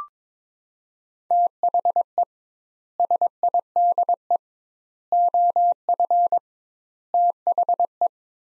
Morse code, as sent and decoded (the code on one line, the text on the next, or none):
- .... . / ... .. -.. . / --- ..-. / - .... .
THE SIDE OF THE